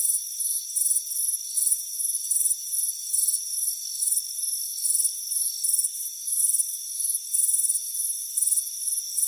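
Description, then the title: Crickets chirping in rapid high pulsed bursts, repeating over steady thin insect trills, with no other sounds. "Soothing Crickets Chirping Sound"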